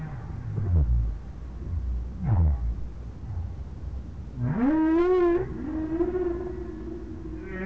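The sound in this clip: Whale calls: low downsweeping grunts, then a long rising moan that levels into a wavering harmonic tone, over constant low background rumble.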